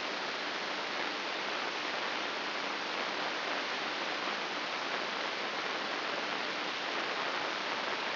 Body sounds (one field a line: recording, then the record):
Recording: brain microelectrode recording played as sound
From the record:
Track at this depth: inside the subthalamic nucleus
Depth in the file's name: 6.416 mm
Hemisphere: left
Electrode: 2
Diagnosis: Parkinson's disease